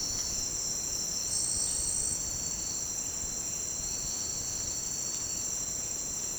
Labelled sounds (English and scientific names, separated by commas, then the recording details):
none
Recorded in secondary vegetation near Puerto Asís, Putumayo, Colombia, on 25 June 2025 at 08:00
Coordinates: 0.484, -76.319
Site G074